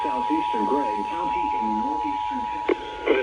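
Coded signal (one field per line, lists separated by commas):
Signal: Emergency Alert System (SAME) tones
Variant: 853 and 960 Hz attention tone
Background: speech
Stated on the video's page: EAS alerts for severe thunderstorms.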